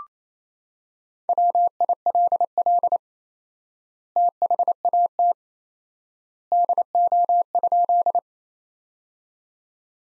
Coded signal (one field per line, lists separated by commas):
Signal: Morse code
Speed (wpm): 28 wpm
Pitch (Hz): 700 Hz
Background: none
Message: WILL THAT DO?